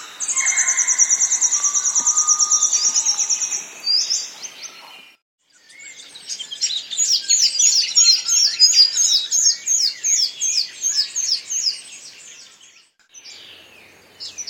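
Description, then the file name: Bird calls: a high, rapid trill lasting about four seconds, then after a pause a run of quick sharp chirps. "BIRD wbsw"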